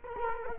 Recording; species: mosquito wingbeat signal from an infrared sensor; Culex quinquefasciatus